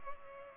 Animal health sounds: mosquito wingbeat signal from an infrared sensor; Culex pipiens

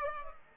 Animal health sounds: mosquito wingbeat signal from an infrared sensor; Culex pipiens

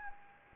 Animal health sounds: mosquito wingbeat signal from an infrared sensor; Anopheles gambiae

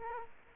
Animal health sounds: mosquito wingbeat signal from an infrared sensor; Culex quinquefasciatus

